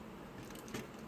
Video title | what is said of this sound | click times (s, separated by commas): Bandai Gunpla RG 1/144 MSN-04 Sazabi Review | got to like push them in there so you hear like a clip that | 0.8 s